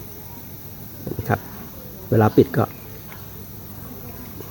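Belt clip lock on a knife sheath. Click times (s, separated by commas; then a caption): 1.3 s. A locking belt clip on a knife sheath is opened by pressing a spot, squeezing it in and lifting it up. A single sharp click at 1.3 s marks the clip releasing open, and someone talks afterward.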